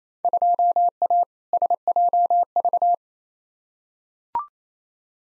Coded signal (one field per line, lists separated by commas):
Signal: Morse code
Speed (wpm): 28 wpm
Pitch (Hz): 700 Hz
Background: none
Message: 2A SJV